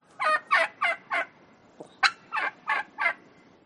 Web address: adam a johnson. Turkey